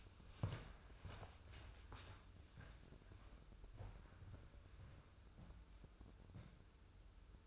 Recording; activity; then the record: daily activity, microphone in the room; walk to room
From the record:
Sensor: 2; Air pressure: 995.5 hPa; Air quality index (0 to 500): 78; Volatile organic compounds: 3 ppm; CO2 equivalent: 1403 ppm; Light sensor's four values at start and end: 17/55/22/21 and 24/76/30/29